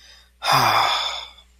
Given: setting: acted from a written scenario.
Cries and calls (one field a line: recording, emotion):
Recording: vocal sound without words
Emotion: serenity